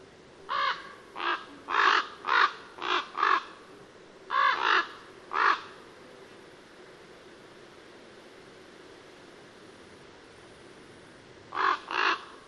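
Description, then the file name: Common raven uttering a run of about nine rough, grating calls in quick succession, a long quiet pause, then two more hoarse calls. "Corvo Imperiale"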